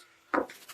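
A turned wooden handle's tenon is pushed into the bore of a wooden mallet head in a dry fit, giving a short, sharp wooden knock at 0.3 s. A softer knock follows at 0.5 s. The tenon seats and fits perfectly in the head.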